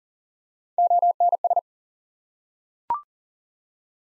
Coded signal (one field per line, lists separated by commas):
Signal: Morse code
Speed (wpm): 40 wpm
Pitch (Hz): 700 Hz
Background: none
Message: ONS